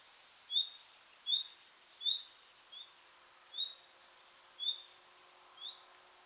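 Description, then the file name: Common nightingale repeats a thin, high whistled note seven times at irregular intervals, under a faint steady background hiss. "Luscinia megarhynchos"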